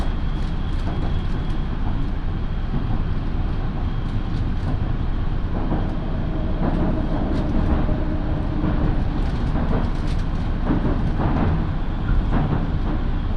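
A local train on the Minobu Line rolls along with a steady, dense rumble that stays low and heavy throughout. Faint clicks and brief rattles come and go every second or so, and a thin high whine sits above the noise.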